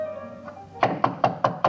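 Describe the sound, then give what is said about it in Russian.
Five firm knocks on a classroom door in a steady, even rhythm, each a sharp wooden thud with a short ring, heard alone with no voices. “Стучит в дверь класса.”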